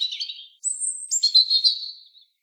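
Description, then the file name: European robin song: a short warbled phrase, then a long thin high whistle and a fluttering, tumbling trill that fades out. "Erithacus rubecula"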